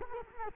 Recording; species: mosquito wingbeat signal from an infrared sensor; Culex quinquefasciatus